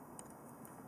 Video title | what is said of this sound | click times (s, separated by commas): XFLY MODEL J65 UNBOXING BANANA HOBBY TWIN 70MM JET | just put it on there and push down and it snaps into place God I love that it's beautiful | 0.2 s